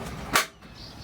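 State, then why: Seated. A folding cockpit table leaf on a Hanse 348 sailboat is pulled up into its support latch. A sharp, broadband click at 0.4 s stands out against quiet background noise. The leaf locks in the raised position and is fixed in place.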